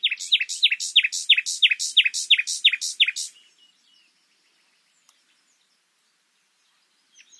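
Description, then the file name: Common nightingale repeating a sharp descending whistled note about ten times in quick succession, followed by silence. "Luscinia megarhynchos"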